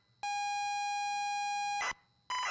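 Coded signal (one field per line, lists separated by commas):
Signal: ZX Spectrum tape loading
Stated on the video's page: Tape loading sound from the game Stories Untold.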